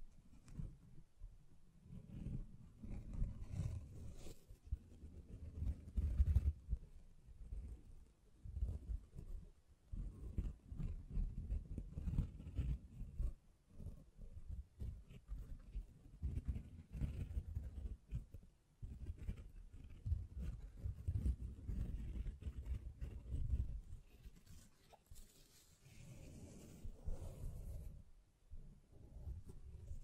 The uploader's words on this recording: ASMR Blue Yeti Mic Test Tapping, Scratching, Mic Brushing, Hand Sounds etc (No Talking).